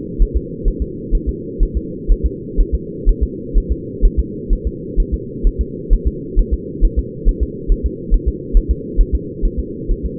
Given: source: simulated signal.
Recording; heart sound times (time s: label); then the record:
fetal heart sounds
0.22 s: S1
0.37 s: S2
0.68 s: S1
0.82 s: S2
1.15 s: S1
1.29 s: S2
1.63 s: S1
1.77 s: S2
2.12 s: S1
2.26 s: S2
2.60 s: S1
2.75 s: S2
3.09 s: S1
3.23 s: S2
3.58 s: S1
3.72 s: S2
4.05 s: S1
4.19 s: S2
4.53 s: S1
4.67 s: S2
5.00 s: S1
5.14 s: S2
5.47 s: S1
5.61 s: S2
5.93 s: S1
6.07 s: S2
6.39 s: S1
6.54 s: S2
6.85 s: S1
6.99 s: S2
7.29 s: S1
7.43 s: S2
7.72 s: S1
7.86 s: S2
8.14 s: S1
8.28 s: S2
8.57 s: S1
8.71 s: S2
9.00 s: S1
9.15 s: S2
9.45 s: S1
9.59 s: S2
9.91 s: S1
10.06 s: S2
From the record:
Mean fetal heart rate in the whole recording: 130 bpm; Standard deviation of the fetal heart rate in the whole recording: 4 bpm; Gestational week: 38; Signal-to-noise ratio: -4.1 dB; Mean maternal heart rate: no maternal heart sound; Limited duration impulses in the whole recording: absent